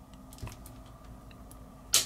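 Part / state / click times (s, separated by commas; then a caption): hinged plastic panel closing onto a transforming toy robot body / not seated / none. Hinged plastic panels are closed back up onto the body of a transforming plastic robot toy. Faint plastic ticks sound between about 0.3 and 0.7 s and at 1.5 s, followed by a single loud, sharp knock at 1.9 s. The panels fail to catch, and nothing has latched yet.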